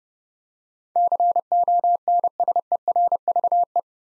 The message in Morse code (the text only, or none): CONSERVE